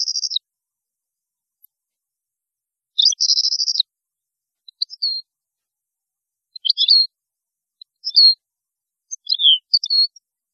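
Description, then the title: European goldfinch song: a buzzy trill, then a longer buzzy burst, followed by several short liquid twittered notes. "Chant Chardonneret"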